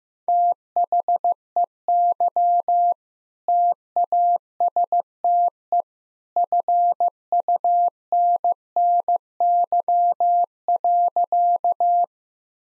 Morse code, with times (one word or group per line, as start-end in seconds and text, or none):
0.3-2.9 THEY
3.5-5.8 TASTE
6.4-12.0 FUNNY.